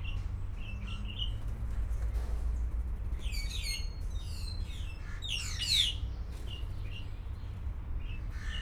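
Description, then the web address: Grey parrot making a few soft whistles, then a busy run of quick chattering and sliding whistled notes midway, with steady low rumble underneath. Captive grey parrot at a zoo in Szeged, recorded in 2011. "szegedizoo 2011 jakopapagaj"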